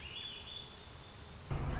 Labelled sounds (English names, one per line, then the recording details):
Swainson's Thrush
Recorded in Sonoma County, California